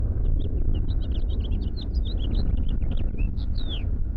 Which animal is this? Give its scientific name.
Haemorhous mexicanus